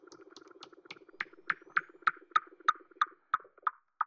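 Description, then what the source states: Weddell seal pulsed calls: a train of sharp chirping knocks repeated roughly three times a second, growing louder and more spaced, over a soft low pulsing hum. Antarctica.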